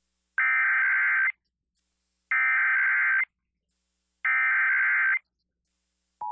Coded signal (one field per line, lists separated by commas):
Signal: Emergency Alert System (SAME) tones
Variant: header bursts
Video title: MORE TESTING PART 2... EAS Tests from September 2023 (EAS #3,103 - 3,149)